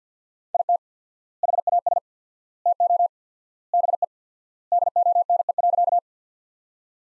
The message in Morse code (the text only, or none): IT HAS TO BE DONE.